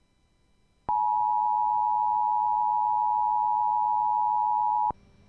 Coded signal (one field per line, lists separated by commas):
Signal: Emergency Alert System (SAME) tones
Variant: 853 and 960 Hz attention tone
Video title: Child abduction emergency/amber alert Maine (Eas 49)